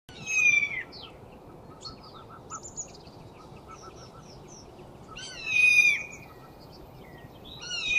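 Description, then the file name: Eurasian jay calls, a harsh falling note near the start, another after five seconds and a third at the end, with soft thin chirps of other birds between. "Garrulus glandarius"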